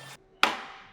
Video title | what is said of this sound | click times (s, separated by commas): Gen 2 Raptor RPG Offroad Coil Spring Perch Collar // HOW TO!! | just like that so that's it popped in there | 0.4 s